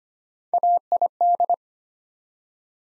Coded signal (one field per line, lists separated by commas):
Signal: Morse code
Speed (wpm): 25 wpm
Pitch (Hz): 700 Hz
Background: none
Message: AID